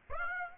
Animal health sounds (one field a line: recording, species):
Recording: mosquito wingbeat signal from an infrared sensor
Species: Aedes aegypti